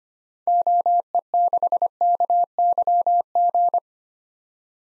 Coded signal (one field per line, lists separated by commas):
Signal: Morse code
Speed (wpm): 25 wpm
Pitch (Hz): 700 Hz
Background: none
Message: OE6KYG